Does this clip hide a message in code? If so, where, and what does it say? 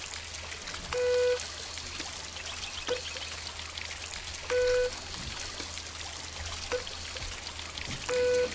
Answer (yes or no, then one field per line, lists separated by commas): no